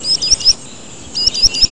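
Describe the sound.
Spotted sandpiper giving high, thin whistled notes in two quick series of about three peeps each, separated by a short pause, over steady background hiss.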